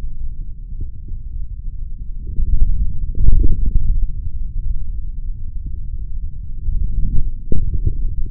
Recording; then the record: forearm muscle sounds (acoustic myography)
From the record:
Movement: forearm pronation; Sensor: system 3, bracelet of six PUI Audio POM-2738L microphones around the upper forearm, with dedicated amplification and filtering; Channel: 1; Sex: male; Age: 26 years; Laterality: right